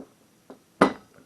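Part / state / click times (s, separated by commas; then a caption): burner ring piece into camping stove slots / seated / 0.8 s. A burner ring on a vintage Ronson camping stove is snapped into its slots. After a faint tap at 0.5 s, a sharp metal click at 0.8 s seats it with a short ringing decay. No one talks.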